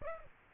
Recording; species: mosquito wingbeat signal from an infrared sensor; Aedes aegypti